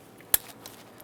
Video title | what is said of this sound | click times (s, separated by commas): How to Replace EGR Valve 2003-2011 Mercury Grand Marquis | listen for a click make sure it's secured | 0.3 s